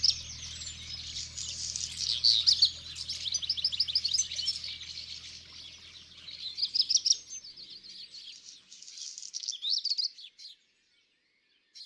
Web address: le moineau domestique. album cuicui-et-compagnie